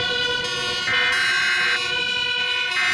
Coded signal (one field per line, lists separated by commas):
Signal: Emergency Alert System (SAME) tones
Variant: header bursts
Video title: All Macedonian city EAS alarm